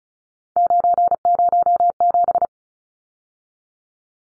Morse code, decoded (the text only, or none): 907